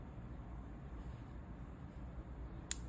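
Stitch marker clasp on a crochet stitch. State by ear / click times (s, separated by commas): seated / 2.7 s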